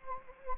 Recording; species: mosquito wingbeat signal from an infrared sensor; Anopheles gambiae